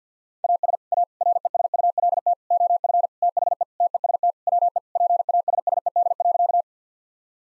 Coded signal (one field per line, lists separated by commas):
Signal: Morse code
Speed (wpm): 50 wpm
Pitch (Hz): 700 Hz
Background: none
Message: AS A RESULT OF THE TEST WE PASSED.